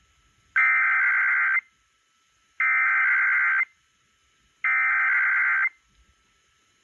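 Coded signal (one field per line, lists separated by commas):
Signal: Emergency Alert System (SAME) tones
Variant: header bursts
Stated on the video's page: EAS alerts captured from the KLOVE broadcast station.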